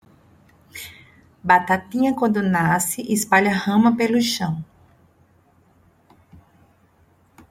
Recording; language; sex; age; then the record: short text; Brazilian Portuguese; female; 40 to 49 years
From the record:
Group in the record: control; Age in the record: 49 years